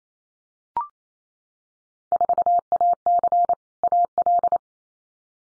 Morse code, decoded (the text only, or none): 4AC AL